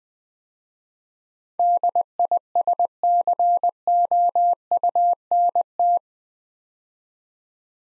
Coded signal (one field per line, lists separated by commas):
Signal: Morse code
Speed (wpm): 20 wpm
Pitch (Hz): 700 Hz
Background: none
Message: DISCOUNT